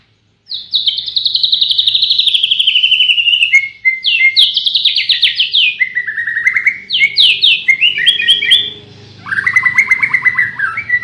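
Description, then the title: White-rumped shama in long continuous song, rapid repeated notes drifting downward in pitch, then varied trills and chattering phrases over a faint low rumble. Tutor song meant for training caged songbirds. "Masteran Murai Batu"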